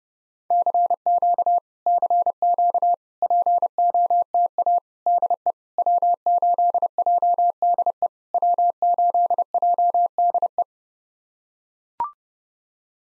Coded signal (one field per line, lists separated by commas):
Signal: Morse code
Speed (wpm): 30 wpm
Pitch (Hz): 700 Hz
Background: none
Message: CQ CQ POTA DE W8JDE W8JDE